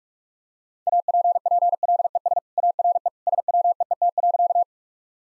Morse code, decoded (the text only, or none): APPLES ARE SWEET.